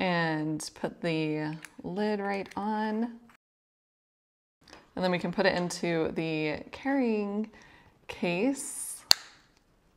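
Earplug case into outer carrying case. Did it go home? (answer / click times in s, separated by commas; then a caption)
yes / 9.1 s. Someone talks while a small hard Curvd earplug case is pushed into its outer carrying case. It snaps into place with a sharp click at 9.1 s, followed by a brief quiet.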